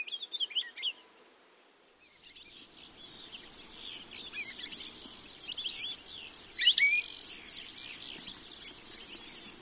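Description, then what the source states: Palila: songbird warbling steadily in a long, complex, jumbled stream of quick notes, with a brief pause near the start and a louder phrase midway. Loud, warbly blurt call, given mainly by males but by both sexes and all ages as a contact call; Hawaii.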